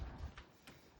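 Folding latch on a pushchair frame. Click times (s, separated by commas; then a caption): 0.4 s, 0.7 s. A pushchair frame is being folded down, and its folding latch is pushed back into its catch. Two short clicks are heard at 0.4 s and 0.7 s over a low rumble. The latch seats back into place.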